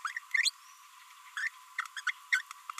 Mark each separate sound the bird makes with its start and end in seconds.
0.05-0.18, 0.31-0.50, 1.37-1.48, 1.79-1.86, 1.97-2.00, 2.07-2.11, 2.32-2.42